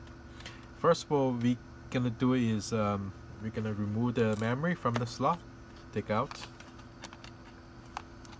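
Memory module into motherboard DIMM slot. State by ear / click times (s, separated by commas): not seated / none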